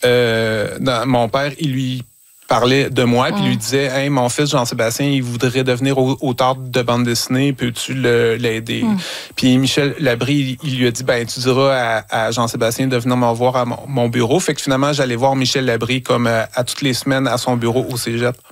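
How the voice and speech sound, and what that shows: Adult man speaking French with several drawn-out sounds and brief hesitations: stuttering. He is a comic book author and slam poet who has stuttered all his life; the stuttering is hereditary and neurodevelopmental.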